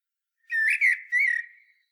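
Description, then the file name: Common blackbird giving a short, mellow fluted whistle of two or three smooth notes, with silence around it. "Turdus merula"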